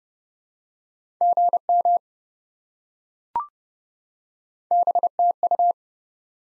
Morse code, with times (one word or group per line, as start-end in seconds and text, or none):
1.2-2.0 GM
4.7-5.7 BTU